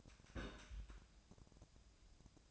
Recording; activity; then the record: daily activity, microphone in the room; place on stove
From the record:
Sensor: 2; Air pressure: 999.8 hPa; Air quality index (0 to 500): 122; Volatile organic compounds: 2 ppm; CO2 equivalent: 1053 ppm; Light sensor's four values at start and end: 34/84/36/41 and 34/84/36/41